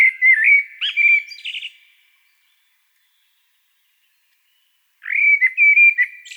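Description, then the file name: Common blackbird song: two mellow, fluted whistled phrases wavering around a mid pitch, the first ending in higher squeaky notes, separated by about three seconds of silence. "Turdus merula"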